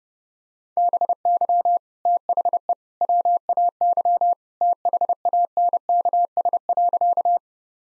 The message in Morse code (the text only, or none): BY THE WAY THANKS.